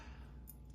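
A small keychain flashlight is let go back onto its magnetic base, where it snaps into place and switches off. A single short snap is heard at 0.5 s over a low, steady background hum, and the light is seated on the base.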